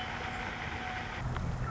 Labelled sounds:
Red-winged Blackbird (Agelaius phoeniceus)
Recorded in Sonoma County, California

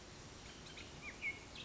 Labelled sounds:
Bullock's Oriole (Icterus bullockii)
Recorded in Sonoma County, California

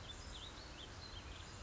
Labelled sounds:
House Finch (Haemorhous mexicanus)
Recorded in Sonoma County, California

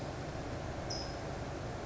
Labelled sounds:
California Towhee (Melozone crissalis)
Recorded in Sonoma County, California

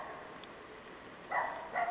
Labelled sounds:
Brown Creeper (Certhia americana)
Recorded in Sonoma County, California

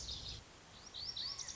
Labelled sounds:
Lazuli Bunting (Passerina amoena)
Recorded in Sonoma County, California

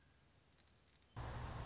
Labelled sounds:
Anna's Hummingbird (Calypte anna)
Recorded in Sonoma County, California

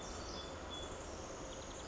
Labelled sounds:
Pacific Wren (Troglodytes pacificus)
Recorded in Sonoma County, California

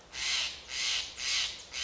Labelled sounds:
Steller's Jay (Cyanocitta stelleri)
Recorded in Sonoma County, California

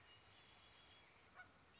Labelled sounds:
Red-winged Blackbird (Agelaius phoeniceus)
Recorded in Sonoma County, California

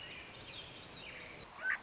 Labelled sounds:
Swainson's Thrush (Catharus ustulatus)
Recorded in Sonoma County, California

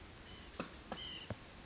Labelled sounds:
White-breasted Nuthatch (Sitta carolinensis)
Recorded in Sonoma County, California

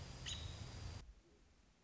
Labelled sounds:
American Robin (Turdus migratorius)
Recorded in Sonoma County, California

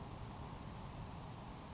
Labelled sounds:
Grasshopper Sparrow (Ammodramus savannarum)
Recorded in Sonoma County, California

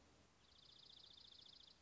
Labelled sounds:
Dark-eyed Junco (Junco hyemalis)
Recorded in Sonoma County, California

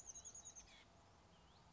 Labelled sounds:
Chestnut-backed Chickadee (Poecile rufescens)
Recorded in Sonoma County, California

